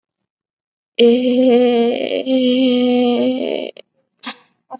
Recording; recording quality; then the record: sustained vowel as in made; excellent, no background noise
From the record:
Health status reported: COVID-19 positive, moderate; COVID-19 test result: positive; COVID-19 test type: rapid antigen test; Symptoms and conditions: cough, fever, fatigue, muscle pain, another condition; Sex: female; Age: 19 years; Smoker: no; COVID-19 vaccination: one dose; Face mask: worn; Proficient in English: no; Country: India